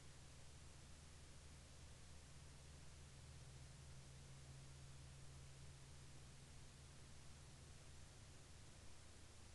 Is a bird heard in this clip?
no